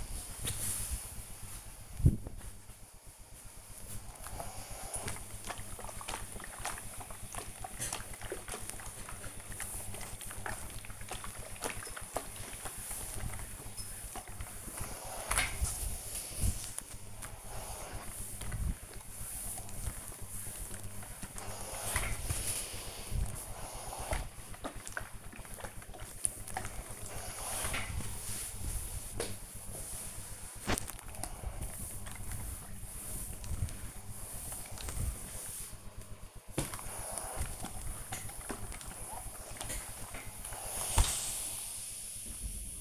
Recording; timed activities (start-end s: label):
household activities, microphone on the right wrist
0.00-42.81 s: ironing laundry